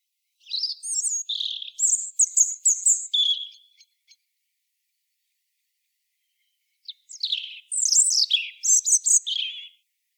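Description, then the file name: European robin song, high clear whistles and rapid twittering in two rich phrases with a quiet gap of about three seconds between them. "Erithacus rubecula"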